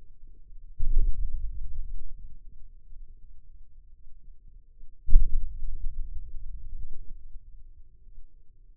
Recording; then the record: forearm muscle sounds (acoustic myography)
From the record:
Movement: hand opening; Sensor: system 2, bracelet of six BSWA MPA416 microphones around the upper forearm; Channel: 6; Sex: male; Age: 22 years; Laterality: right